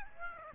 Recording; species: mosquito wingbeat signal from an infrared sensor; Aedes aegypti